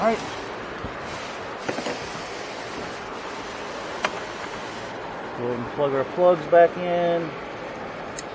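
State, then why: Seated. The wiring harness plug is pushed back onto the alternator of a Ford Fusion EcoBoost during reinstallation while someone talks over a steady background hiss. A sharp, short click is heard at 8.2 s as the connector clicks in and seats.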